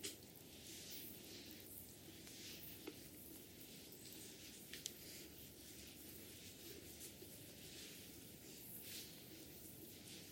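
Hair washing during a head massage, a steady dense wet rustle and scrub that fills the whole ten seconds without pause. Faint brighter squeaks and soft ticks pop out now and then, around the third, fifth and ninth seconds, over an even, hissy texture.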